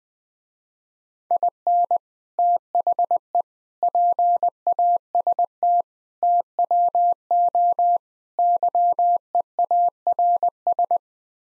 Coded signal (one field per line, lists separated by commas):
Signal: Morse code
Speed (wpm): 20 wpm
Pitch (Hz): 700 Hz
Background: none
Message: IN THE PAST TWO YEARS